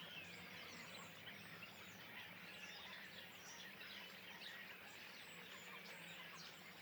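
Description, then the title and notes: Common starling flock chattering, a dense continuous mix of overlapping whistles, clicks and squeaks with a steady low hum underneath. Flock perched in trees beside the Louroux pond, Le Louroux, Loches, Indre-et-Loire, Centre-Val de Loire, France; recorded with Sennheiser MKH8020 ORTF stereo pair, Rycote, Sound Devices MixPre6 II. "Le Louroux, Loches, Indre-et-Loire, Centre-Val de Loire, France métropolitaine, 37240, France - étourneaux sansonnet dans les arbres. Nuée d'étourneaux posés dans un arbre aux abords de l'étang du louroux"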